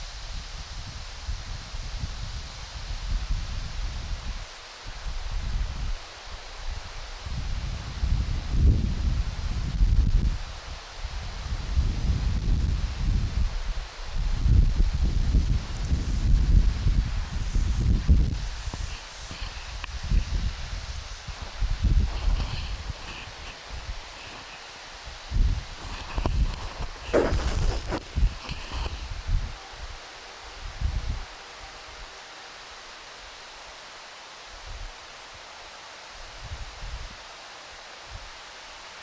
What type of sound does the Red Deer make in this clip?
rut call